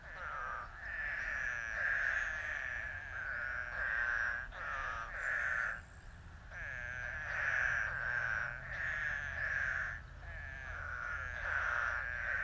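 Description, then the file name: Eastern spadefoot calls, many nasal, bleating groans overlapping in a continuous chorus with brief pauses between bursts. Recorded on 19 May 2018. "eastern spadefoot 20180519"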